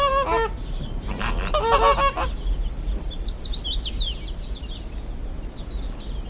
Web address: greater flamingo